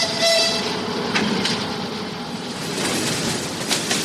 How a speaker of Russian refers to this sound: Подошла электричка, забитая дачниками и вещами.